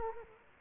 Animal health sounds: mosquito wingbeat signal from an infrared sensor; Culex quinquefasciatus

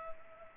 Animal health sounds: mosquito wingbeat signal from an infrared sensor; Culex pipiens

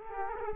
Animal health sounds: mosquito wingbeat signal from an infrared sensor; Culex quinquefasciatus

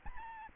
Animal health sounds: mosquito wingbeat signal from an infrared sensor; Aedes albopictus

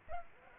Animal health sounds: mosquito wingbeat signal from an infrared sensor; Culex pipiens

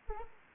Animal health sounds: mosquito wingbeat signal from an infrared sensor; Anopheles arabiensis

